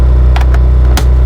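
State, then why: Seated. A plastic cover plate for an RV rocker light switch is lined up by its corner tabs with the prongs and pressed onto the switch body over a steady low hum. A few light clicks come first, then a sharp snap at 0.97 s as the cover snaps into place and is seated.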